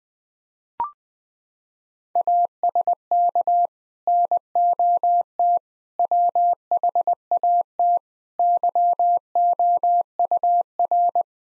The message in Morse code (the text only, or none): ASK NOT WHAT YOUR